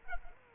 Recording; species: mosquito wingbeat signal from an infrared sensor; Culex pipiens